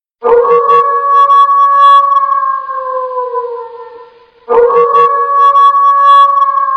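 Wolf howl, drawn out and level, sagging and fading before a fresh howl starts abruptly near the end.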